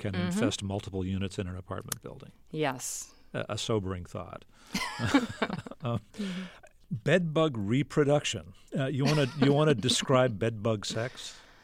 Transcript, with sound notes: infest multiple units in an apartment building?
Yes.
A sobering thought.
(LAUGHTER)
Bedbug reproduction. You want to describe bedbug sex?